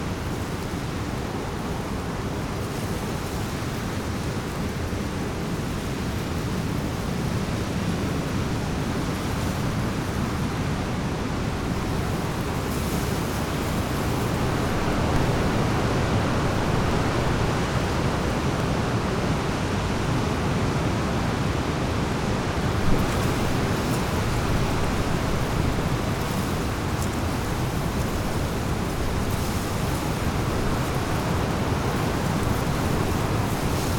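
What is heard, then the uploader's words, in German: A storm blows with a steady, dense roar of wind, heaviest in the low range and rushing without a break. The level stays nearly constant, with mild gusts swelling around the middle and a brief sharp knock near 23 seconds. Mittagspause an der Schleuse Rahe. Es stürmt, mal wieder. Die Wolken treiben regenverhangen über das Land.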